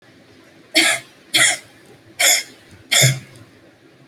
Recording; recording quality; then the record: shallow voluntary cough; excellent, no background noise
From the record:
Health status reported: healthy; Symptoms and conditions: none ticked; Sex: female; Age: 22 years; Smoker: not ticked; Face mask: not worn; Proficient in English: yes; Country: India